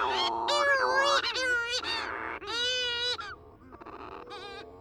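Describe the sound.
Cape Verde shearwater calls: loud nasal wailing cries with a rapid wavering quality in bursts of about a second, fading toward the end.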